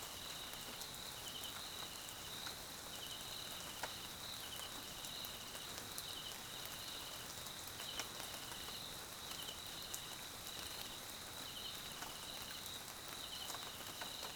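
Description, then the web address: Crickets chirping: an unbroken shrill trill overlaid by pulsed chirps repeating at intervals, beneath a constant wash of falling rain and drops. South African crickets, background ambience at night in rain, Mkhaya jungle, Swaziland. "Tonschliff - SOUTH AFRICAN CRICKETS BG Swaziland Mkhaya Jungle Night Rain"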